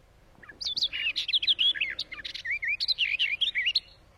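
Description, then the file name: Barred warbler song, a fast warbling burst of harsh chatters and brief whistled slurs lasting about three seconds, varied in pitch. "Canto da toutinegra gaviao"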